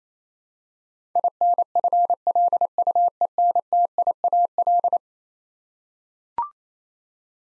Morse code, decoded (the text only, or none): INFLUENTIAL